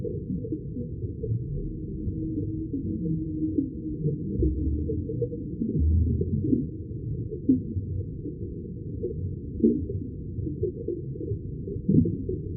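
Whales calling underwater, heard as low, muffled moans and groans over a constant dull rumble. Deeper swells come around four to seven seconds, and short rising whoops and grunts break through near ten and twelve seconds.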